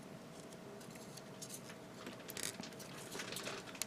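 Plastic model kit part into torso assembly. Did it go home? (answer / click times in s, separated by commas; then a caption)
no / none. A plastic part from a 1/100 MG Build Strike Gundam model kit is handled and pressed toward the two small notches on the torso assembly, producing faint rustling plastic handling noise with a few brief sharp ticks around 2.3, 2.5, 3.7 and 3.8 seconds. Nothing has seated or clicked into place yet.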